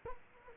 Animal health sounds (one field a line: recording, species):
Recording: mosquito wingbeat signal from an infrared sensor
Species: Culex quinquefasciatus